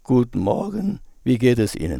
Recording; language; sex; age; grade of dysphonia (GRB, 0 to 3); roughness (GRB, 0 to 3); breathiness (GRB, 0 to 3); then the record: spoken sentence; German; male; 50 to 59 years; 3; 3; 2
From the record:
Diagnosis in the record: hypofunctional dysphonia, gastroesophageal reflux disease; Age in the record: 59 years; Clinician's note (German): Hypofunktionelle Dysphonie + GERD (gastro-oesophagaler Reflux)